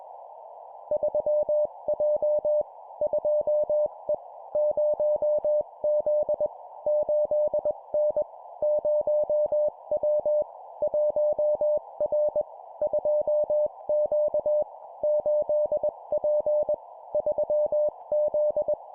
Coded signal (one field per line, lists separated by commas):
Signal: Morse code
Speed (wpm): 21 wpm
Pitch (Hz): 600 Hz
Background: none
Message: 3J 2E 0Z 8N 0W 1R 2Q 8P 3Z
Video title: 20wpm Two number letter words, CW morse code Copy Speed improvement